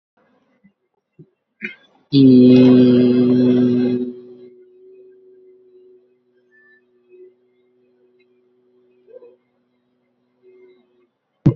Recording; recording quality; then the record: sustained vowel as in beet; excellent, no background noise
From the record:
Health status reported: COVID-19 positive, moderate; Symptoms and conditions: sore throat, fever, fatigue, muscle pain, loss of smell and taste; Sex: male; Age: 25 years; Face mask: not worn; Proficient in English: no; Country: India